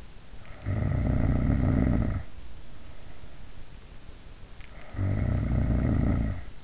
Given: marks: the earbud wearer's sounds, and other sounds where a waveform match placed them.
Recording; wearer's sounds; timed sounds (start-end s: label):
sounds in sleep by an in-ear microphone; snoring breath
0.24-2.36 s: snoring breath
4.64-6.64 s: snoring breath